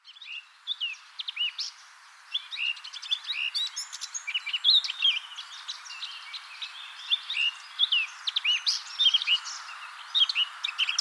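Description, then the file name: Eurasian blackcap singing a long, hurried warble of varied chirps and short sweeping notes with only brief pauses. "Sylvia atricapilla"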